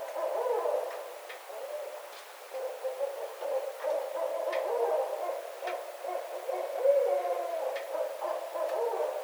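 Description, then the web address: Barred owl calls, a dense run of low wavering hoots throughout, uneven in loudness, with scattered soft clicks. Recorded 27 March 2011. "Barred Owl 2011 03 27"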